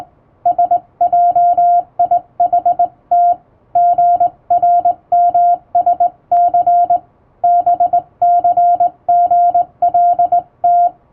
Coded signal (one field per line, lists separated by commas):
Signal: Morse code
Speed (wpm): 20 wpm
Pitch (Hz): 700 Hz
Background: music, radio noise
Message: SJIHT GRMSC BCGLT